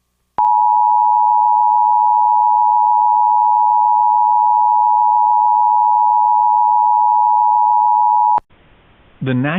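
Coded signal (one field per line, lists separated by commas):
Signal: Emergency Alert System (SAME) tones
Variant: 853 and 960 Hz attention tone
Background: speech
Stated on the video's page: Required Weekly Test issued twice by the Corpus Christi weather office on weather radio station WXK26, received on home weather radios.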